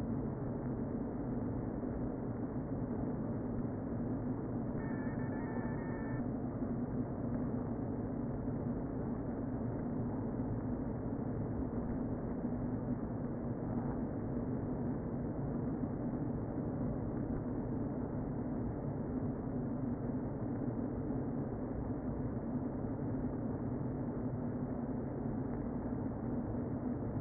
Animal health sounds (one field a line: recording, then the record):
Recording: honeybee colony, microphone inside the hive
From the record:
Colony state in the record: queen present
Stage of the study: before two queens were removed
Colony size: about 60,000 bees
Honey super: yes